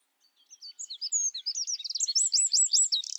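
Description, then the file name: Eurasian wren singing a rapid, high-pitched jumble of thin notes that builds into loud repeated looping phrases and ends in a dry buzzy trill. "Troglodytes troglodytes"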